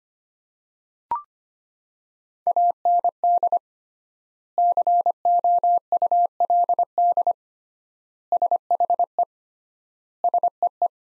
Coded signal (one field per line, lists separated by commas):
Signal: Morse code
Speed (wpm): 25 wpm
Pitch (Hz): 700 Hz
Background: none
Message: AND COULD SHE SEE